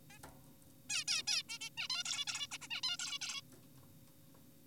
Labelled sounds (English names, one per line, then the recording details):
Zebra Finch
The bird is an adult
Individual g4p5U